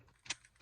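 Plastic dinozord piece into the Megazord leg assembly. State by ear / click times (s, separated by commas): seated / 0.3 s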